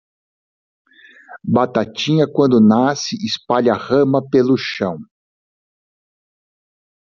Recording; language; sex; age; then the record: short text; Brazilian Portuguese; male; 60 to 69 years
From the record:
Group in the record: control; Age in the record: 63 years